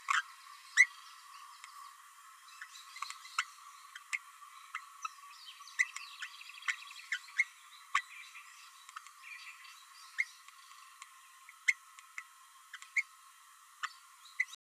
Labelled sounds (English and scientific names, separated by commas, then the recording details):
Green-rumped Parrotlet (Forpus passerinus) babbling
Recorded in a nest box in Venezuela
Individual 18B12A3